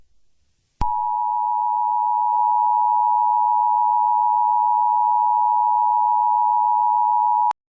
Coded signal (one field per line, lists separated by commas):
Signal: Emergency Alert System (SAME) tones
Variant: 853 and 960 Hz attention tone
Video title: EAS Alarm #3: Unikitty Attack